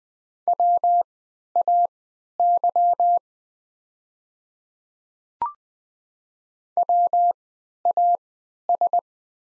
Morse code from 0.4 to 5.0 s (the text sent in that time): WAY